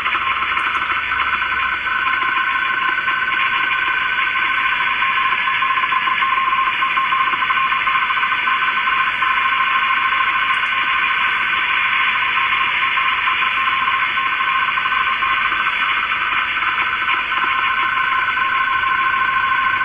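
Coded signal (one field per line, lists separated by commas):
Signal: RTTY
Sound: steady hiss with a constant two-tone warble underneath, no pauses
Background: radio static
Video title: Icom IC 9100 - Rtty - Sorcerer 1.1 - 147 khz - DWD See Wetterdienst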